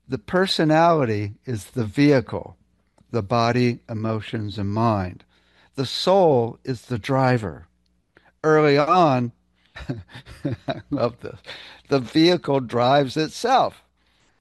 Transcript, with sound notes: The personality is the vehicle, the body, emotions, and mind. The soul is the driver. Early on," (laughs) I love this, "the vehicle drives itself.